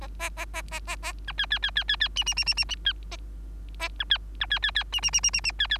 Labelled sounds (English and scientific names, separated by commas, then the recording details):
Bengalese Finch (Lonchura striata domestica) song
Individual Bird3